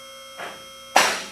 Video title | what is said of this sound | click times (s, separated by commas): Advantage 4-Post *Legacy* Installation Instruction | You'll hear the locks clicking as it's going up through each one of the holes. | 1.0 s